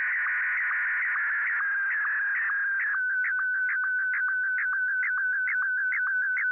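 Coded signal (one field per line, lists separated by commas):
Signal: SSTV (slow-scan television)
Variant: Martin 1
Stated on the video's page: SSTV test picture transmitted from an old Standard C5400 VHF multimode base station.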